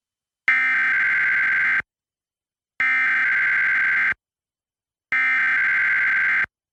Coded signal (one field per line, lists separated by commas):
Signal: Emergency Alert System (SAME) tones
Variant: header bursts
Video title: EAS Required Monthly Test Tampa, Florida and New York City, New York +WeatherSTAR4000